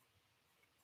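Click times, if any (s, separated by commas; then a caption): none. A plastic Lego building brick is handled while being pressed onto a brick model. Only a faint, steady low-level hiss is heard, with no distinct snap. The brick has not seated or clicked yet.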